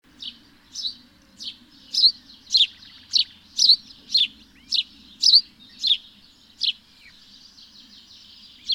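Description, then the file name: House sparrow chirping, short sharp chirps repeated about twice a second in a steady series, then a pause before one last chirp, with a faint low hum in the background. "Passer domesticus"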